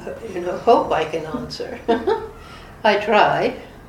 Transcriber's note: laughs